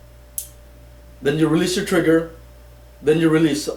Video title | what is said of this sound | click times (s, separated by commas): The SMOKE WAGON 6 SHOOTER | you wait until you hear the first click while going back | 0.4 s